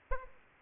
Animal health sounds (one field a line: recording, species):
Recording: mosquito wingbeat signal from an infrared sensor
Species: Aedes aegypti